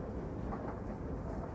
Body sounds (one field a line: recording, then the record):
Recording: background sound without coughing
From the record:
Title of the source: Train Ride Ambience ambient white noise for sleeping, focus, studying, reading